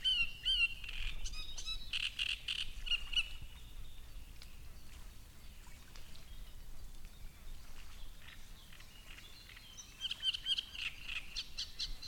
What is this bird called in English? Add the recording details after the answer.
Great Reed Warbler. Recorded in the wild. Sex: male. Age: adult. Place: Müggelsee, Berlin, DE. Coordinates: 52.43, 13.64. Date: 1990-05-04 16:45. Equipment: Uher 4400 Report Monitor, Sennheiser ME 80, K 30 AV. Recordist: Fischer, Stefan